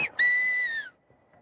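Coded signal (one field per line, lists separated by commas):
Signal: whistled language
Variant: Silbo Gomero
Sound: a brief falling whistle, then a long steady whistle that drops in pitch at the end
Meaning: I'm coming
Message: J'arrive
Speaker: Ah, hey, il te répond. J'arrive, c'est ça? Si.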